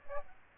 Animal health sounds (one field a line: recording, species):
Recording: mosquito wingbeat signal from an infrared sensor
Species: Aedes aegypti